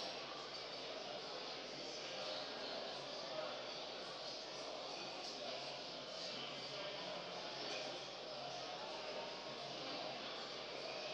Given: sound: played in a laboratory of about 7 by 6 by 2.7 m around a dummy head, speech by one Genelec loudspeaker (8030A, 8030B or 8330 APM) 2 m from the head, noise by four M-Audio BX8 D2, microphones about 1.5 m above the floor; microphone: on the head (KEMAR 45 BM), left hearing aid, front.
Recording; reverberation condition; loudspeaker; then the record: cafeteria noise; high; four, about 170 cm from the corners of the room and facing them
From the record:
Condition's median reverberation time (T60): about 1300 ms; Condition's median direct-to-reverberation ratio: about -4.0 dB